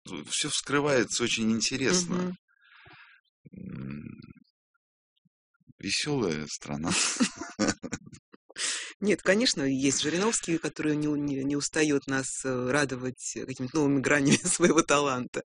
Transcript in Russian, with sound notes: все вскрывается очень интересно. Веселая страна. (смеются)
Нет, конечно, есть Жириновский, который не устает нас радовать какими-то новыми гранями своего таланта.